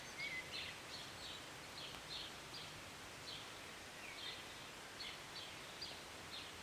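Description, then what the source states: Bird chirps, soft high notes in an irregular series with one brief whistle at the start, under steady rain hiss. Birds singing and chirping on a Sunday morning during short rain, heard from a city balcony.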